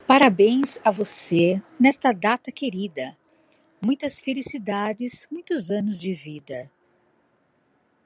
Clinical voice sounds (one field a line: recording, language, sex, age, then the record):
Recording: short text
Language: Brazilian Portuguese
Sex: female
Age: 50 to 59 years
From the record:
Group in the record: control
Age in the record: 58 years